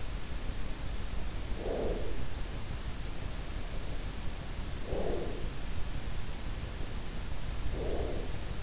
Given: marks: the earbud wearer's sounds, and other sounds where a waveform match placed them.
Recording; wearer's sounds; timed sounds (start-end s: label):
sounds in sleep by an in-ear microphone; breath
1.30-2.53 s: breath
4.54-5.83 s: breath
7.20-8.63 s: breath